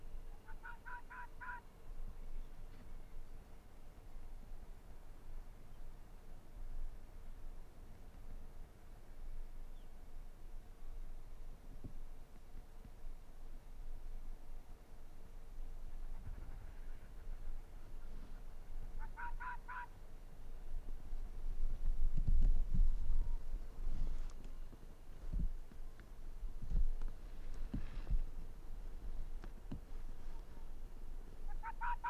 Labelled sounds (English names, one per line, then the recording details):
Arctic Fox
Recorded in the wild
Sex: female
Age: adult
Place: Insel Mednyi, Kommandeur-Inseln, RU
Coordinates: 54.5167, 168.083
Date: 1999-06-28 19:20
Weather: bedeckt, Nordwind
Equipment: Sony WM-D6C, Sennheiser ME 80, K 30 AV, Windkorb, Kopie Tascam DA 30
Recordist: Jakupi, Antje
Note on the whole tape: Südosten der Insel: vier Bellstrophen der Polarfuchsfähe Weiß/Gelb 33 bei der Südhöhle. Entfernung ca. 200 m. 1:04 min hinter der letzten Bellstrophe herausgeschnitten